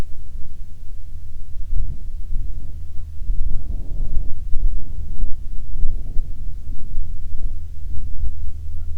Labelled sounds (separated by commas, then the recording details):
songbird, wind
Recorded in the Prudhoe Bay oil fields, Alaska, on 7 August 2019 at 14:11
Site 17